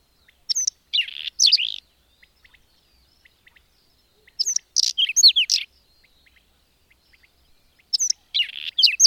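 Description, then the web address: Bird song: short high phrases of buzzy chatter and sharp whistles repeated about every four seconds, with faint ticking notes between. "madarak enek"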